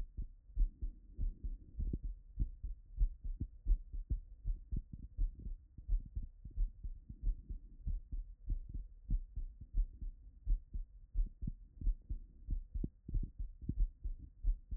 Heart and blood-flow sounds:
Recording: heart sounds by stethoscope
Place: Erb's point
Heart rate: 90 bpm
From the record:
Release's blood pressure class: hypertension stage 1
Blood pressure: 137/76 mmHg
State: after exercise

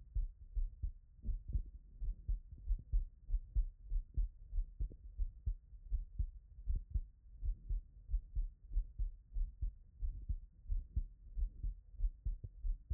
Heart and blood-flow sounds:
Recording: heart sounds by stethoscope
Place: Erb's point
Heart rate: 90 bpm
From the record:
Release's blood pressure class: normal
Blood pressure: 115/62 mmHg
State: after exercise

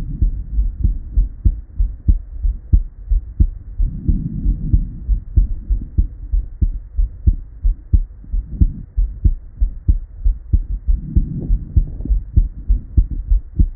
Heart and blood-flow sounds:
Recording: heart sounds by stethoscope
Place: Erb's point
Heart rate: 93 bpm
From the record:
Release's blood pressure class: elevated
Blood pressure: 122/79 mmHg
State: at rest

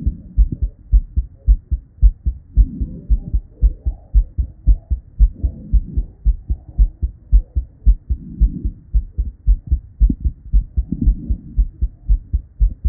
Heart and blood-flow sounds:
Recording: heart sounds by stethoscope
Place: Erb's point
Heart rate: 113 bpm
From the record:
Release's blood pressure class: normal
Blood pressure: 116/76 mmHg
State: at rest

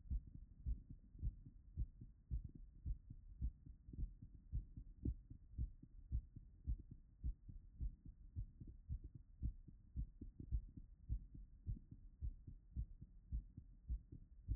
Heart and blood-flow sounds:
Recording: heart sounds by stethoscope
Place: Erb's point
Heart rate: 100 bpm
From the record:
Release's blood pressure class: hypertension stage 2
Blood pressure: 178/94 mmHg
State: after exercise

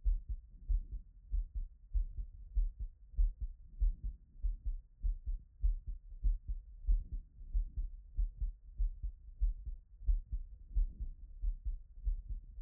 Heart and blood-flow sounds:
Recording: heart sounds by stethoscope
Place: Erb's point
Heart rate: 95 bpm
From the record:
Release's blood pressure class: elevated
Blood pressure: 126/70 mmHg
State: after exercise

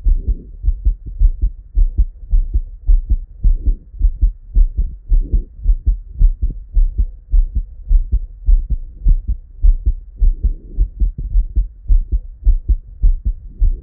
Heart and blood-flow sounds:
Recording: heart sounds by stethoscope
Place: Erb's point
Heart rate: 104 bpm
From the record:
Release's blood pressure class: normal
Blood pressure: 116/66 mmHg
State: at rest

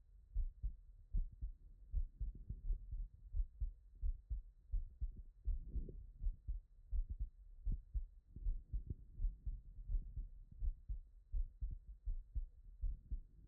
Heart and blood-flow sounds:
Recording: heart sounds by stethoscope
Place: Erb's point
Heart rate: 83 bpm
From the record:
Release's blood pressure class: elevated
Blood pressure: 129/55 mmHg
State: after exercise

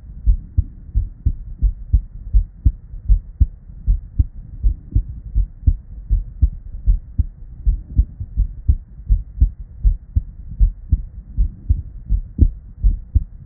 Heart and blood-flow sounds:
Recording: heart sounds by stethoscope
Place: Erb's point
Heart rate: 80 bpm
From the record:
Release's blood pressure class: normal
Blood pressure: 103/63 mmHg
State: at rest

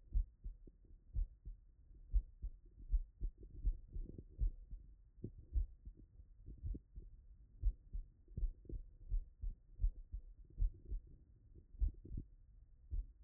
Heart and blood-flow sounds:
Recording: heart sounds by stethoscope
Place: Erb's point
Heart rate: 65 bpm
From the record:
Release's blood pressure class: hypertension stage 1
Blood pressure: 150/89 mmHg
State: after exercise

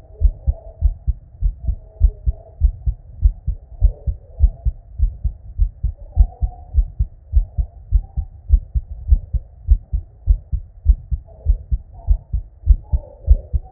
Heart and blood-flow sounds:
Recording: heart sounds by stethoscope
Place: Erb's point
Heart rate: 99 bpm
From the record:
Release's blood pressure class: normal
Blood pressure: 107/61 mmHg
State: at rest

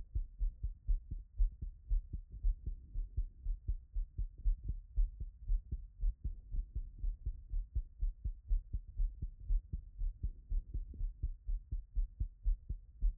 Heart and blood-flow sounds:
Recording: heart sounds by stethoscope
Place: Erb's point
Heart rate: 119 bpm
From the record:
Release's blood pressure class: elevated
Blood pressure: 128/79 mmHg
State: after exercise

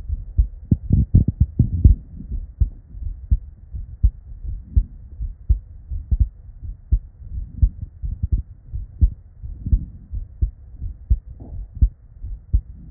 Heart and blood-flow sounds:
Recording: heart sounds by stethoscope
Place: Erb's point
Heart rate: 84 bpm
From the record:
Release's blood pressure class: normal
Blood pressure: 107/63 mmHg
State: at rest

